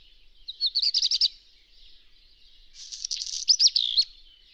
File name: Rouge queue noir